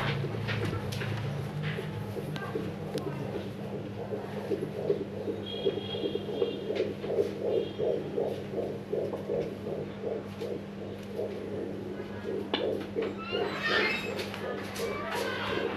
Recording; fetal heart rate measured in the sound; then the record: fetal heartbeat by stethoscope microphone, probably a fetal Doppler's sound; 158 bpm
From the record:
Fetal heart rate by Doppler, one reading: 153 bpm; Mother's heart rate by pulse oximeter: 70 bpm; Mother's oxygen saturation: 98%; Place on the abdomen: left of abdomen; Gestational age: 38+ weeks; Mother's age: 22 years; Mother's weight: 47 kg